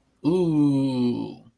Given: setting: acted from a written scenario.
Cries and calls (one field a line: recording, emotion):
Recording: vocal sound without words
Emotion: guilt